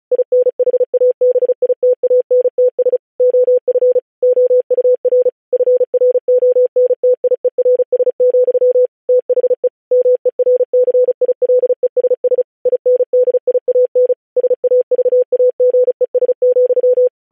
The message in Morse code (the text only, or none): INHABITANTS OF OUR FRONTIERS, THE MERCILESS INDIAN SAVAGES,